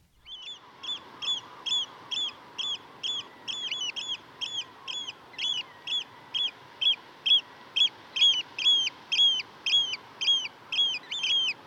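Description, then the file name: Eurasian oystercatcher calls: loud, piercing 'kleep' notes, each slightly arched, repeated steadily about twice a second. "strandskata"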